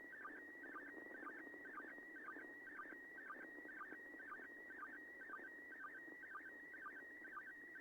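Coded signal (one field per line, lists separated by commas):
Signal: SSTV (slow-scan television)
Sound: warbling tone around 2 kHz with short lower chirps about twice a second, steady throughout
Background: radio static, low hum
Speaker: 1344 UTC there were 944 in every local time the signal it triggers the RX s STD application well into the second pass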